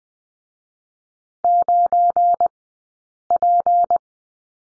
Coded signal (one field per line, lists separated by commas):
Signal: Morse code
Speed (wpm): 20 wpm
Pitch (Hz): 700 Hz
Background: none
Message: 9P